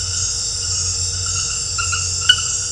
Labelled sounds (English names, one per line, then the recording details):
none
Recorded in dense forest near Puerto Asís, Putumayo, Colombia, on 19 March 2025 at 21:00
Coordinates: 0.468, -76.322
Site GP01